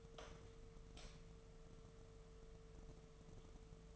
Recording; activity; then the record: daily activity, microphone in the room; light on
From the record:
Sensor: 4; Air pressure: 1015.4 hPa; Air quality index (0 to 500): 173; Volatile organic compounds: 7 ppm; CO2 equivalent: 1995 ppm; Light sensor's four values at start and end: 16/38/16/15 and 17/41/16/16